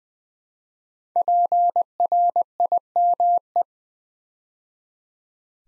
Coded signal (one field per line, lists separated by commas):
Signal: Morse code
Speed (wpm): 20 wpm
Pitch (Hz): 700 Hz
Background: none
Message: PRIME